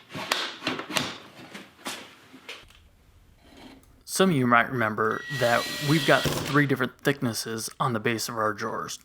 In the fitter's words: then the slide clicks right into place when you snug it in, which is exactly what we're after.